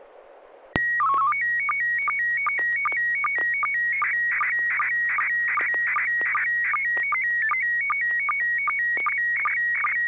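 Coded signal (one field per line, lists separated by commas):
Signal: SSTV (slow-scan television)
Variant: PD 50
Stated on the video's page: SSTV net on a 441.300 MHz FM repeater, with images sent using MMSSTV software.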